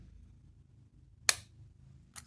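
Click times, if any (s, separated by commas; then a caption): 1.3 s. A magnetic lid is closed onto a Color Street "Drama Malicious" lipstick tube and snaps shut with one loud, sharp click at 1.3 s, seating firmly so it won't pop off in a bag. A much softer, brief tap follows at about 2.2 s over a quiet low background hum.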